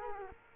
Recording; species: mosquito wingbeat signal from an infrared sensor; Culex quinquefasciatus